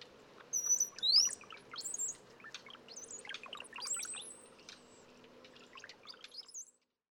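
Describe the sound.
Brown-headed cowbird song, bubbly gurgling notes leading into a thin, sharply rising high whistle, followed by many chips and squeaky notes.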